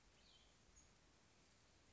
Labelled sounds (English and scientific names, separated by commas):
Cassin's Vireo (Vireo cassinii)